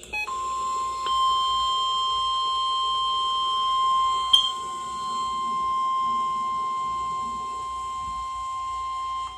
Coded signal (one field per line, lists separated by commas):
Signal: Emergency Alert System (SAME) tones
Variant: 1050 Hz attention tone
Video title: Required Weekly Test-KWO37/WNG58 (EAS #123-124) 3/7/18